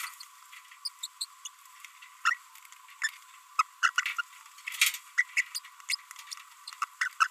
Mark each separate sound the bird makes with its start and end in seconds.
0.85-0.88, 1.03-1.06, 1.21-1.25, 1.45-1.48, 2.25-2.36, 3.02-3.10, 3.59-3.62, 3.83-3.90, 3.96-4.14, 4.18-4.21, 5.18-5.23, 5.37-5.43, 5.55-5.59, 5.89-5.95, 6.82-6.85, 7.01-7.08, 7.20-7.27